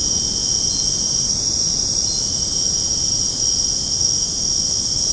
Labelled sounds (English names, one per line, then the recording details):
none
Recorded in secondary vegetation near Puerto Asís, Putumayo, Colombia, on 19 February 2024 at 23:30
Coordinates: 0.489, -76.322
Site G6419